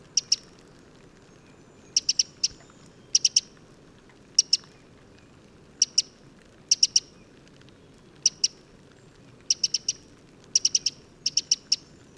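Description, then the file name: Eurasian wren giving short, very high clicking call notes in quick bursts of two or three, repeated at irregular intervals, over a low steady background hiss. "Troglodytes troglodytes"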